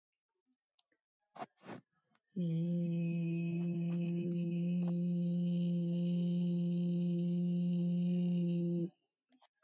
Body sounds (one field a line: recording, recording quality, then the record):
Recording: sustained vowel as in beet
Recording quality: excellent, no background noise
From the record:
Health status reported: healthy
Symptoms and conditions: none ticked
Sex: male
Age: 27 years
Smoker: not ticked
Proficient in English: yes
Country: India